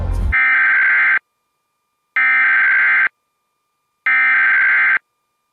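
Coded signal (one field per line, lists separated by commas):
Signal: Emergency Alert System (SAME) tones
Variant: header bursts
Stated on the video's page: Administrative message aired on a radio station.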